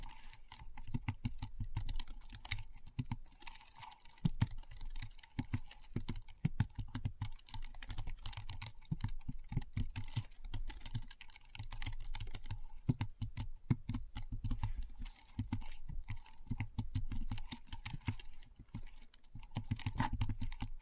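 Keyboard typing runs steadily for the whole stretch, dense clicky keystrokes with low thumps, pausing briefly near thirteen and nineteen seconds.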